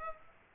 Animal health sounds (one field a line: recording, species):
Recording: mosquito wingbeat signal from an infrared sensor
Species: Aedes aegypti